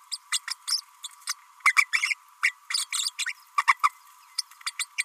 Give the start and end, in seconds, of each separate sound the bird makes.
0.11-0.18, 0.31-0.40, 0.47-0.55, 0.67-0.81, 1.27-1.34, 1.65-1.73, 1.76-1.88, 1.92-2.14, 2.42-2.52, 2.70-2.87, 2.92-3.11, 3.18-3.26, 3.57-3.65, 3.67-3.74, 3.83-3.90, 4.38-4.42, 4.66-4.71, 4.79-4.85, 4.98-5.04